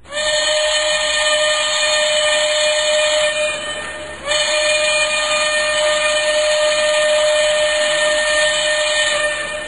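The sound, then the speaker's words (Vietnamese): A steam train whistle blows loud and sustained as the train approaches a railway station, a bright multi-toned chord with a breathy hiss, briefly dipping around four seconds before resuming at full strength. “Xe lửa thổi súp lê vang rân, người ta lại càng lấn nhau hơn nữa.”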